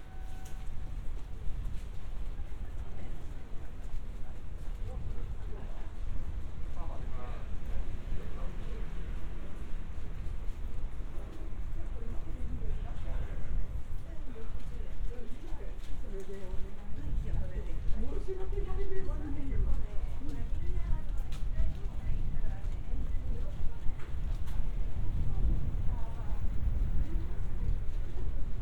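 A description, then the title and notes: A walk through a town street in Japan, with people talking, their voices coming and going in fragments. A steady low rumble of traffic and city noise runs underneath throughout, growing a little louder and busier in the second half. 3D AUDIO Walking in Funabashi, Chiba,Japan. Let's take a walk together around Funabashi station, Chiba. Binaural audio.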